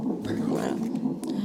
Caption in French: C'est le cœur du bébé qu'on entend là. L'accouchement.